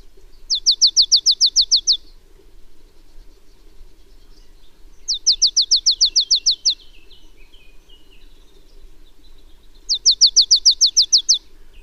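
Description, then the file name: Marsh tit: three bursts of about ten rapid, evenly spaced high notes, one burst roughly every five seconds, over a low steady hum. "Poecile palustris"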